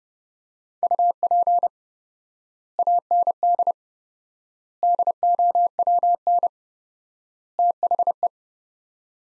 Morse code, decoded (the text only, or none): UP AND DOWN THE